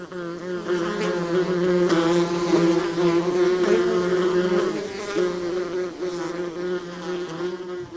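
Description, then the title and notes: Wasp buzzing, a steady droning hum with layered overtones, louder in the middle and easing off toward the end. Social wasps in Finland, a species group with at least 13 species there. "Viikon luontoääni: Ampiainen. Juha Laaksonen"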